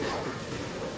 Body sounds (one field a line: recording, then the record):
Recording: coughing mixed with background sound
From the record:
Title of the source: Coughing 77